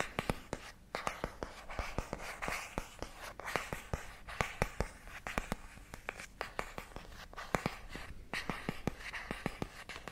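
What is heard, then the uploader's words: Tapping on matte plastic and scratchy tracing across its surface. Sharp, bright taps land irregularly but often, several per second at times, over a soft continuous rasp of scraping that fills the gaps throughout. Matte Plastic Tracing & Scratchy Tapping (NO TALKING).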